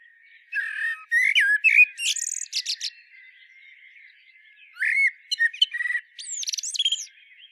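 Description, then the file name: Common blackbird song with two phrases of rich whistled warbling that end in thin, high squeaks and chirps. "Turdus merula"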